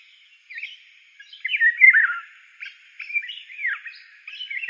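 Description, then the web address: Oriole song: slurred whistled phrases with falling and rising notes, given in short bursts separated by brief pauses. "bird voices oriole"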